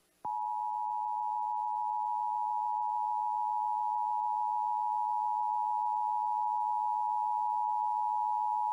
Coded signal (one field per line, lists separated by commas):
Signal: Emergency Alert System (SAME) tones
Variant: 853 and 960 Hz attention tone